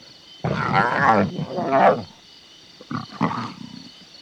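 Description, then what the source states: Lion giving two harsh, rumbling growls, then a shorter pair of gruff grunts, over a constant high hum. Vocalisations described as lion talk.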